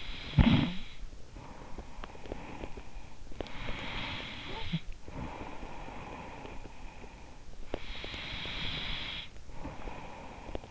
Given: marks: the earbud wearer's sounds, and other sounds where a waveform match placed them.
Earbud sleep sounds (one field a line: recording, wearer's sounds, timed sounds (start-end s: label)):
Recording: sounds in sleep by an in-ear microphone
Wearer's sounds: snoring breath, breath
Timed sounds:
0.00-2.91 s: snoring breath
2.91-10.71 s: breath